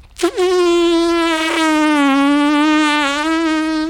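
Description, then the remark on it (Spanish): A voice imitates the buzz of bees from a beehive hanging in a tree with one steady, loud, nasal drone held for nearly four seconds, its pitch wavering only slightly. “y observó un panal de abejas colgando del árbol.”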